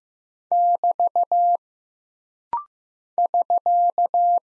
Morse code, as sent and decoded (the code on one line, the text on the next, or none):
-...- / ...-.-
<BT> <SK>